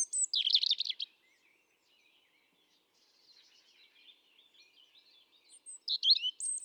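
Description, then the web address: European robin song: a loud jumbled phrase of high sweet notes, a long pause filled with quiet scratchy warbling, then another bright high phrase. "pub SETE data Erithacus rubecula 310717"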